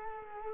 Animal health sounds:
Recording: mosquito wingbeat signal from an infrared sensor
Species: Culex quinquefasciatus

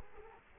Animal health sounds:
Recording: mosquito wingbeat signal from an infrared sensor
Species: Culex quinquefasciatus

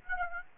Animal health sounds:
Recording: mosquito wingbeat signal from an infrared sensor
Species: Aedes aegypti

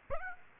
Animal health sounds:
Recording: mosquito wingbeat signal from an infrared sensor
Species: Aedes aegypti

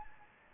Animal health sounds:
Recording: mosquito wingbeat signal from an infrared sensor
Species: Anopheles gambiae

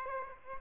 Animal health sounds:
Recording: mosquito wingbeat signal from an infrared sensor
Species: Aedes aegypti

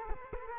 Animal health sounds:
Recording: mosquito wingbeat signal from an infrared sensor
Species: Culex quinquefasciatus

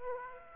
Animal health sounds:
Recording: mosquito wingbeat signal from an infrared sensor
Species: Aedes aegypti

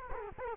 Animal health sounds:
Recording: mosquito wingbeat signal from an infrared sensor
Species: Culex quinquefasciatus

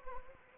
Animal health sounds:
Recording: mosquito wingbeat signal from an infrared sensor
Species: Anopheles gambiae

